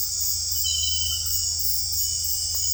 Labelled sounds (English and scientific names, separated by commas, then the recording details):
none
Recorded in secondary vegetation near Puerto Asís, Putumayo, Colombia, on 20 December 2024 at 20:00
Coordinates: 0.481, -76.318
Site G042